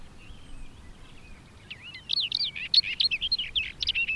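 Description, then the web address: Barred warbler singing: a few thin, drawn-out notes, then a rapid, rattling warble of harsh chirps and slurred notes. "Madardalok Cd 2 Karvalyposzáta"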